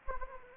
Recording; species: mosquito wingbeat signal from an infrared sensor; Anopheles gambiae